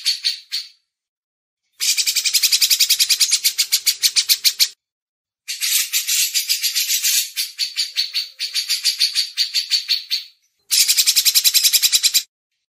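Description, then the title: Grey-cheeked bulbul delivering bursts of fast buzzy rattling pulses separated by short silences. Masteran audio used as tutor recording for training cage birds. "MASTERAN CUCAK JENGGOT"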